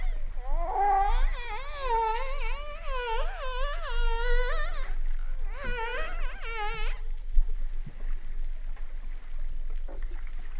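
Humpback whale song: a chain of wavering, looping moans that rise and fall in pitch for about seven seconds, then fade into low rumbling background.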